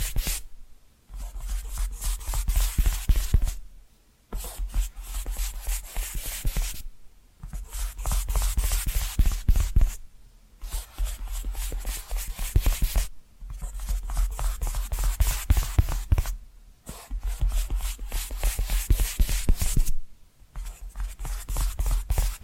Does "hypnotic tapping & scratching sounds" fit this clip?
yes